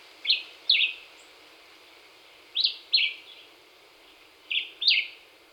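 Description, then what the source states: Black-whiskered vireo gives clipped double-note phrases, each quickly descending, spaced a couple of seconds apart against quiet hiss. Recorded on 26 April 2019.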